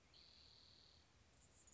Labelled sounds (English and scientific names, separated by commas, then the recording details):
Spotted Towhee (Pipilo maculatus)
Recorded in Sonoma County, California